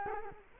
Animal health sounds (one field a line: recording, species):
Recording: mosquito wingbeat signal from an infrared sensor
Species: Culex quinquefasciatus